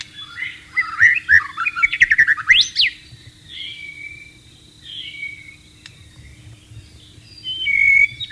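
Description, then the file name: White-rumped shama singing a quick burst of warbled and chattered notes, then quieter drawn-out whistles and a final loud clear whistle. Wild bird, in the wild. "suara burung murai batu di alam liar"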